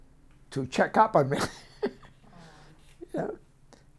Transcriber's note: chuckles